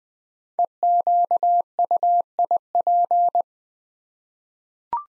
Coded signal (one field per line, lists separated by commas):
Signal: Morse code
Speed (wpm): 20 wpm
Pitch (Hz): 700 Hz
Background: none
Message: EQUIP